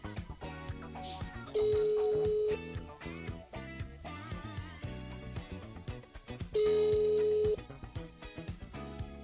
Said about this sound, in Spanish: Como ven, ya está sonando el teléfono. Esto es la Dirección General de Asuntos Internos.